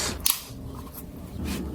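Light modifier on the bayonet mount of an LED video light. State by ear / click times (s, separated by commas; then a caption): seated / 0.3 s. A light modifier or reflector is twisted onto the bayonet mount of a ZHIYUN CINEPEER CX100 100W portable COB LED video light with a built-in 4500mAh battery. One sharp, short click sounds at 0.3 s as the modifier locks in place, followed by quiet handling noise.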